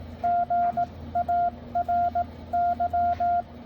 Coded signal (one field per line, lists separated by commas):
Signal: Morse code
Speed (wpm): 18 wpm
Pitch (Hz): 690 Hz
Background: none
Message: GARY